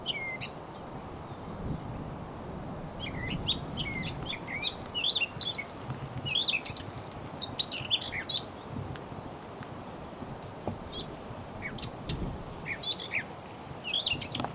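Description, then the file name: Eurasian blackcap uttering quick clusters of brief high chips and twitters, spaced irregularly, with a steady low rumble underneath. "Sylvia atricapilla"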